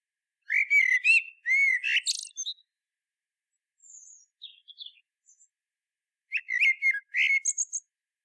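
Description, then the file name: Common blackbird song: fluted whistled phrases with scratchy high twitters, a quiet gap with faint thin notes, then another rich warbled phrase. "Turdus merula"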